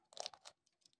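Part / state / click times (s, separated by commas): mounting fitting into security camera housing / not seated / none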